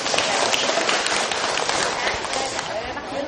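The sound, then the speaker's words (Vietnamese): A dense burst of audience applause at a talk, requested by the teacher, many hands clapping at once in a steady, loud wash of sharp claps that holds for a few seconds without fading. “Thầy xin cho một tràng pháo tay.”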